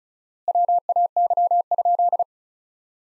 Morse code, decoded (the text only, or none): WAY?